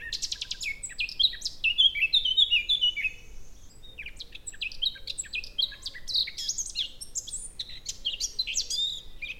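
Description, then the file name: Eurasian blackcap song: bursts of quick, jumbled high twittering and chattering notes. "Sylvia atricapilla"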